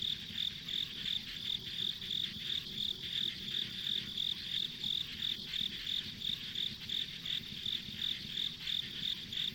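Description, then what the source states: Steady insect chorus: bright, rapid chirps recurring about three times per second above a continuous shrill hum. Ambient insect sounds along a rural country road.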